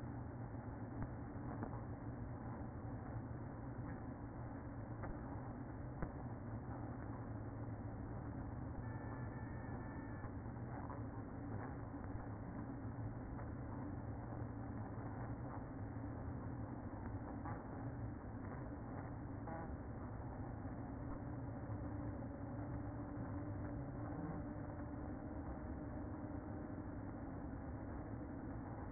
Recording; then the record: honeybee colony, microphone inside the hive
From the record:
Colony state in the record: queen present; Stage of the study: after two queens were removed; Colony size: about 60,000 bees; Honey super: yes